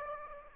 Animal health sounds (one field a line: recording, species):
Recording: mosquito wingbeat signal from an infrared sensor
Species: Aedes aegypti